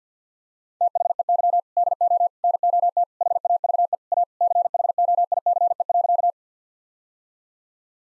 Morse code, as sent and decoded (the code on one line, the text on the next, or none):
- .... . -.-- / -.. --- / -. --- - / .... .- ...- . / .- / -.-. .... --- .. -.-. . .-.-.-
THEY DO NOT HAVE A CHOICE.